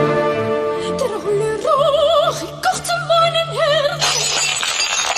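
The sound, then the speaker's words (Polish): A soaring operatic voice, an opera diva's, sings sustained, wavering notes with strong vibrato, then drinking glasses broken by her singing suddenly shatter in a bright, crashing burst that fills the final second. “Diwa operowa, śpiewając tłukła szklanki.”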